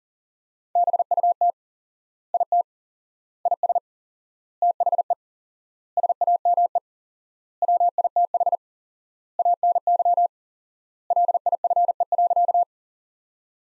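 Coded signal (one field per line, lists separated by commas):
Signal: Morse code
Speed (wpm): 40 wpm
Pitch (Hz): 700 Hz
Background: none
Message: BUT IT IS THE SAME WITH ANY LIFE.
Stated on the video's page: Morse practice sentences from the top 300 words at 40 wpm with 4x word spacing, a Farnsworth-like method.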